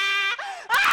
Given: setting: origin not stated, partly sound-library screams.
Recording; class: one-second piece from a danger detection set; woman in danger